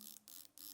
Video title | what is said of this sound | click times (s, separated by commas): SSG10 Assembly | You can hear the clicking sound. That means the pin and the spring is in the correct position. | 0.1 s, 0.2 s, 0.4 s, 0.6 s, 0.7 s